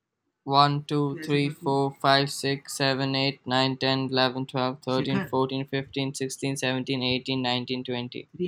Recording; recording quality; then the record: counting at a normal pace; excellent, no background noise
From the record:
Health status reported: healthy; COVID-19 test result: not tested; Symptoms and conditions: cough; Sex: male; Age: 18 years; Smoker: not ticked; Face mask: not worn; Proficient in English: yes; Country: India